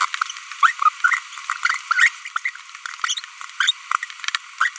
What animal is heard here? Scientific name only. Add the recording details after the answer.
Forpus passerinus. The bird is a female. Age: 25 days. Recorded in a nest box in Venezuela. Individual 17B42B1